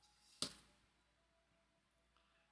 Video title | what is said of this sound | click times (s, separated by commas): Agora 1:2 Scale Alien Pack 54 | magnets on the outside that one popped into place just right | 0.4 s